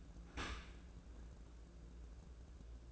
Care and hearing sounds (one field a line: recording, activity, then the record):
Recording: daily activity, microphone in the room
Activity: open dishwasher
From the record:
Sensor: 2